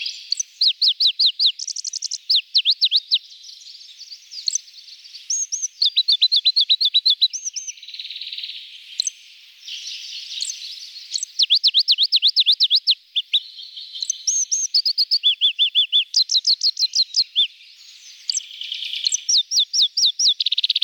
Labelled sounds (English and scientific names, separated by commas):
Pallas's Leaf Warbler (Phylloscopus proregulus) song